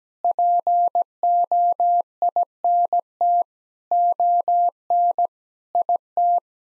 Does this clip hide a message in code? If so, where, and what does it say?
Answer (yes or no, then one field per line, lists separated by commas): yes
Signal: Morse code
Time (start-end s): 0.2-6.4 s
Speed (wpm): 17 wpm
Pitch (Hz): 700 Hz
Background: none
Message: POINT ON IT